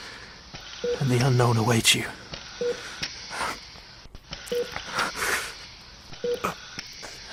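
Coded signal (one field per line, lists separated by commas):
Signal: none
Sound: heart monitor beeps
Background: speech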